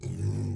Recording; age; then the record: pig call; weaner (32 to 43 days)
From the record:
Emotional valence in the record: negative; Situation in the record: negative conditioning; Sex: female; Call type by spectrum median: low-frequency call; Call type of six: low-frequency stable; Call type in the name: low-frequency stable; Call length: 0.56 s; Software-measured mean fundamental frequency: 50 Hz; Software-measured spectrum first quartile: 104 Hz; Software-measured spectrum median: 153 Hz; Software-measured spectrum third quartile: 370 Hz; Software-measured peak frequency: 119 Hz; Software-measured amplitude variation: 165 dB a second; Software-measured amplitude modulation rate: 35.1 a second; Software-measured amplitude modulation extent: 4.7 dB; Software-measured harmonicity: 14.8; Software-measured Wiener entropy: -0.52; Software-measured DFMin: 692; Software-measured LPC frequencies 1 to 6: 2314, 3652, 4447, 5201, 5754, 6445 Hz